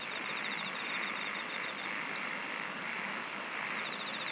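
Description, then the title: Insect chorus humming steadily, with a quick high pulsed trill at the start and again at the end and one faint click midway. "SINGING OF INSECTS"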